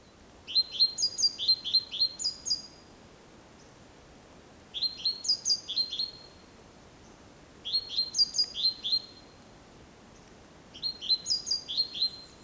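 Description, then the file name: Great tit calling in four rapid bursts of short, high, clipped notes, with quiet gaps of a few seconds between bursts. "Parus major"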